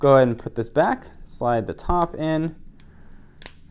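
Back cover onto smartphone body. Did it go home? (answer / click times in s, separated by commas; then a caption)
yes / 3.5 s. Someone talks while sliding the top of the removable plastic back cover of an HTC Sensation XL with Beats Audio smartphone into place on the phone body. The cover is then pressed down and snaps into place with a sharp click at 3.5 seconds, seating the cover.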